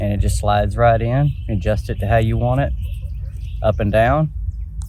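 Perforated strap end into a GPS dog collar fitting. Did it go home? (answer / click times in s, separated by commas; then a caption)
no / none. A perforated strap end of a GPS dog collar is slid into the collar's fitting and adjusted up and down while someone talks over faint background noise. The clip ends just as the band end is about to be pushed in, so nothing has seated or clicked yet.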